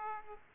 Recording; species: mosquito wingbeat signal from an infrared sensor; Aedes aegypti